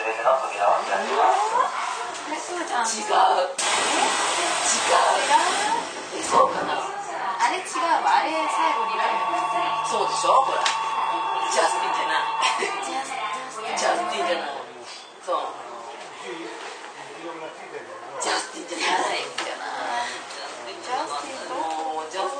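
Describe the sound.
Aboard a Keio 9000 series train, talking runs almost without pause over a low rumble. A steady held tone sounds from about eight to twelve seconds, and bursts of bright hiss rise around four to six seconds and again near eighteen seconds.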